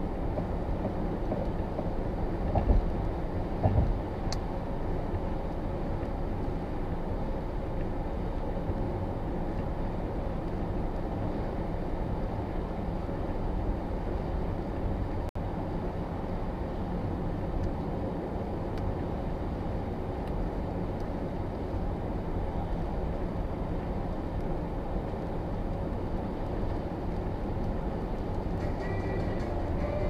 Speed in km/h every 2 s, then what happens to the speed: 89, 90, 90, 90, 90, 92, 91, 87, 86, 87, 88, 88, 87, 88, 89.
0-30 steady at about 89.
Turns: none.